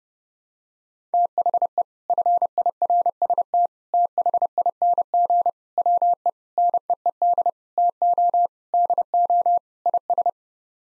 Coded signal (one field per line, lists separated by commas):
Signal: Morse code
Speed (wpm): 32 wpm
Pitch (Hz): 700 Hz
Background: none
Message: THE FIRST THING WE NEED TO DO IS